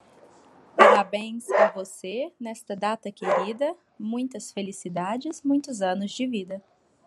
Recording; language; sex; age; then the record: short text; Brazilian Portuguese; female; 30 to 39 years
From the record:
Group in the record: control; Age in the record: 32 years